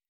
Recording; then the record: hydrophone in a shrimp aquaculture tank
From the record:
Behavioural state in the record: weakened